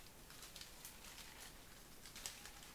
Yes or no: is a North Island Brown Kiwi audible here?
no